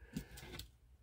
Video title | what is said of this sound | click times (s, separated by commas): EDC UPDATE / POCKET DUMP JULY, 2021. EVERYDAY CARRY, EDC | it just just snaps right in snaps right pops off like that | 0.6 s